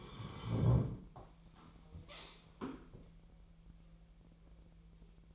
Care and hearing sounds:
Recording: daily activity, microphone in the room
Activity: sit down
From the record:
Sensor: 1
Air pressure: 1001.8 hPa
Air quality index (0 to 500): 246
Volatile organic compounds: 117 ppm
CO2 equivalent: 3859 ppm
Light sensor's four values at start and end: 11/27/11/13 and 11/27/11/13

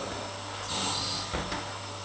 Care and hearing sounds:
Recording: daily activity, microphone in the room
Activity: vacuum cleaning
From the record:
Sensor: 3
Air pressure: 995.2 hPa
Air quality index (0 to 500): 68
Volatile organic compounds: 4 ppm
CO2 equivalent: 1538 ppm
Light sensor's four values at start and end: 17/52/22/19 and 17/52/22/19

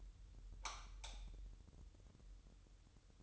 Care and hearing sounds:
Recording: daily activity, microphone in the room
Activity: light off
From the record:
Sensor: 3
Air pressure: 988.4 hPa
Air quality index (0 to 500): 190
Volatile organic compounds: 257 ppm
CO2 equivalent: 4379 ppm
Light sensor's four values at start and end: 11/28/11/11 and 8/19/8/8

